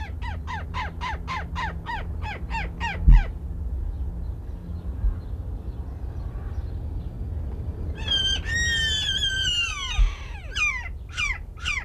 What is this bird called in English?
Chimango Caracara